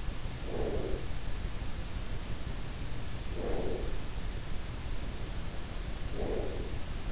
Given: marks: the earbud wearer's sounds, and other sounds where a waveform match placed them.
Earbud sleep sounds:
sounds in sleep by an in-ear microphone; breath
0.00-1.41 s: breath
2.93-4.35 s: breath
5.71-6.90 s: breath

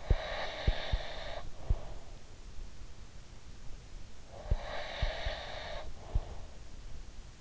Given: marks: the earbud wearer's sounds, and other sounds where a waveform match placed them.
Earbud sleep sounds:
sounds in sleep by an in-ear microphone; breath
0.00-2.60 s: breath
4.42-6.33 s: breath

